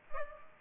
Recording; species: mosquito wingbeat signal from an infrared sensor; Culex pipiens